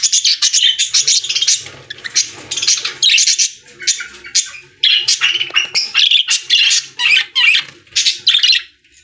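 Budgerigar chattering in rapid, scratchy warbled bursts, nearly continuous with brief breaks, mixing harsh squawks and higher chirps.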